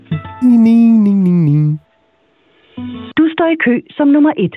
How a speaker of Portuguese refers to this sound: E essa é a linha de espera do Café Esmeralda em Nuuk, na Groenlândia. Você vê que os caras têm bom gosto até pra música de telefone, porra, né?